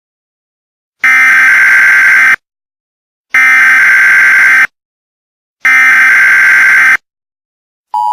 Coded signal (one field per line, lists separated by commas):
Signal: Emergency Alert System (SAME) tones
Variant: header bursts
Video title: EAS Scenario: Creepypasta Takeover